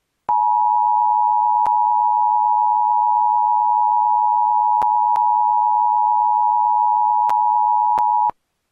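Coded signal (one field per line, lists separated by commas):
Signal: Emergency Alert System (SAME) tones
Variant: 853 and 960 Hz attention tone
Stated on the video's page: Mock EAS with valid tones: Required Weekly Test, then Required Monthly Test, then National Periodic Test; simulated.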